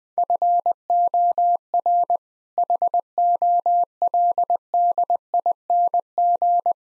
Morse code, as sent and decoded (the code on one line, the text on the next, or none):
..-. --- .-. / .... --- .-.. -.. .. -. --.
FOR HOLDING